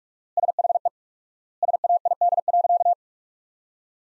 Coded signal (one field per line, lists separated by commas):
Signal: Morse code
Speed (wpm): 46 wpm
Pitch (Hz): 700 Hz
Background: none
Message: SHE SAID.